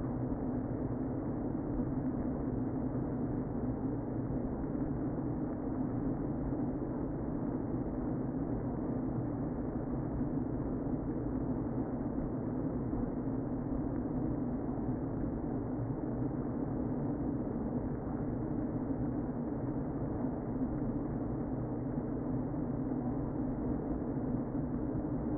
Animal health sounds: honeybee colony, microphone inside the hive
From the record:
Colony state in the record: queen present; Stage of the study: before two queens were removed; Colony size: about 60,000 bees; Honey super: yes

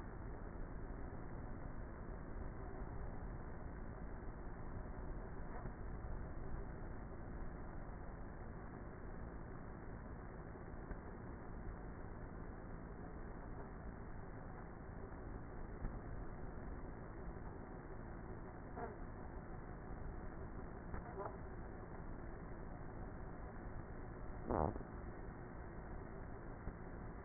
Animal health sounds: honeybee colony, microphone inside the hive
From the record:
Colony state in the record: queenless with a low population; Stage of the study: before two queens were removed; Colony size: about 30,000 bees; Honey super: no

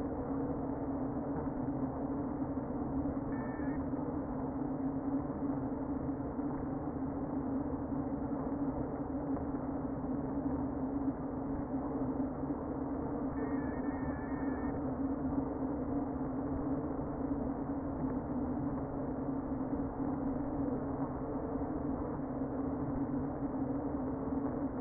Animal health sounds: honeybee colony, microphone inside the hive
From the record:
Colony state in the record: queen present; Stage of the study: before two queens were removed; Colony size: about 60,000 bees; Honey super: yes

